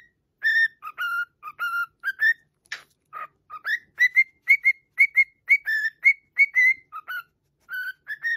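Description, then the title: Cockatiel whistles a quick, choppy sequence of short notes that jump between two pitches, with a couple of brief harsh clicks mixed in. Several cockatiels singing, whistled song. "Calopsitas Cantando Assobio"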